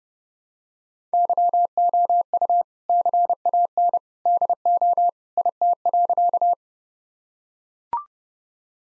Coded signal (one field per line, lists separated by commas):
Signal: Morse code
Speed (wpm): 32 wpm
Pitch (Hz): 700 Hz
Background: none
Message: YOU CAN DO IT.